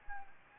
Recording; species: mosquito wingbeat signal from an infrared sensor; Anopheles gambiae